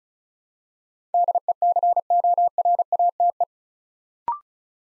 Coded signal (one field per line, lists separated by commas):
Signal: Morse code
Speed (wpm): 35 wpm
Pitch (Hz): 700 Hz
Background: none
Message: DECORATE